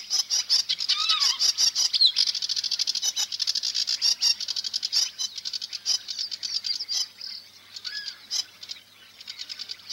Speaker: Рядом на ивовом кустике перелетает с песней камышовка-барсучок.